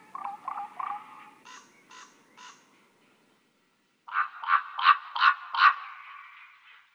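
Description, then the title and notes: Common Raven calls: a quick run of harsh notes and three fainter calls, a pause, then a louder burst of five rasping calls in close succession. Futile calling of a raven at Kyjov near Krásná Lípa, Děčín district, Czechia; recorded for the Spalená krajina exhibition in Nová Perla. "Kyjov, Kyjov u Krásné Lípy, Krásná Lípa, okres Děčín, Ústí nad Labem Region, Northwest, Czechia - Krkavec marné volání. hlas krkavce a kavek pro expozici Spalená krajina v Nové Perle"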